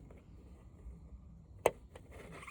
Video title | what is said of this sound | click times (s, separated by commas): Part 4 Big flat screen tv take apart | You hear it click? | 1.7 s